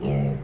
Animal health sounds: contact call of a hoofed animal; pig; closed-mouth grunt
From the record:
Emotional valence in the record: negative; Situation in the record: short social isolation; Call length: 0.44 s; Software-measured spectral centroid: 1400 Hz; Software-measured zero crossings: 560 a second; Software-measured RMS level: -24 dBFS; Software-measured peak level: -14 dBFS

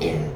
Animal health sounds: contact call of a hoofed animal; pig; closed-mouth grunt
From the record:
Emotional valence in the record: negative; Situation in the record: short social isolation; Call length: 0.36 s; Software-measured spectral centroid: 2120 Hz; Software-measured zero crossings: 1050 a second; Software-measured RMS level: -24 dBFS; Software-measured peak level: -12 dBFS

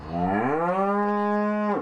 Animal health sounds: contact call of a hoofed animal; cattle; low-frequency (closed-mouth) or high-frequency (open-mouth) call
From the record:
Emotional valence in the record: negative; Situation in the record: separation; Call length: 1.81 s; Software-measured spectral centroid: 980 Hz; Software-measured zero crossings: 1360 a second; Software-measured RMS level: -24 dBFS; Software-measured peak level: -11 dBFS

